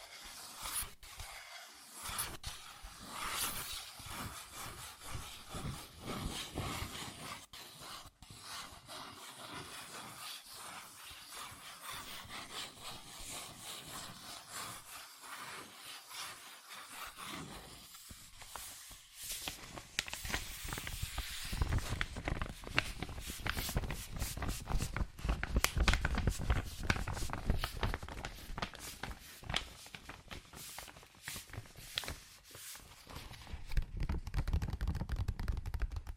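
Cardboard and paper are scratched, rubbed and traced, making a dense, hissing rasp with quick tapping strokes throughout. The first twenty seconds stay fairly soft and papery. After that the sound grows louder and heavier, with a deeper scraping rumble and rapid clicks.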